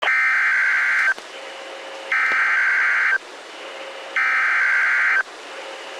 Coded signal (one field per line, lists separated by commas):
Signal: Emergency Alert System (SAME) tones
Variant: header bursts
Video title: Severe Thunderstorm Warning (4/21/26) [EAS #399]